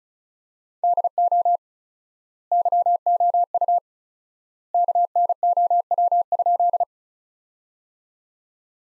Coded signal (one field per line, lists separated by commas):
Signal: Morse code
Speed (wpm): 34 wpm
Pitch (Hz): 700 Hz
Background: none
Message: DO YOU KNOW?